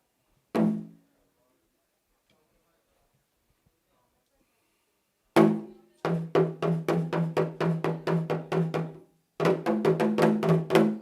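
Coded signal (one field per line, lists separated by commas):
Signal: talking drum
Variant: Ghanaian talking drum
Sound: a single drum hit, a pause, then rapid rhythmic runs of low resonant drum strokes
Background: small room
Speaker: some of the drums they speak the Cottam talking John can you combine and play something [Music] [Music]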